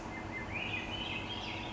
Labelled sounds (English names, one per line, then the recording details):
Swainson's Thrush
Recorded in Sonoma County, California